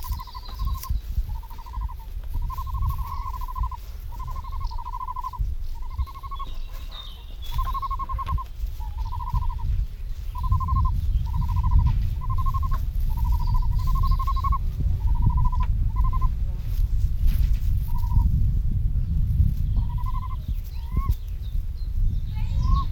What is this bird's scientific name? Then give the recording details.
Otis tarda. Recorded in captivity. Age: juvenile. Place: Serrahn, Mecklenburg-Vorpommern, DE. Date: 1970-06-26. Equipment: Nagra III BH, Sennheiser MD 421. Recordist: Schubert, Michael